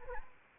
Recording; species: mosquito wingbeat signal from an infrared sensor; Anopheles arabiensis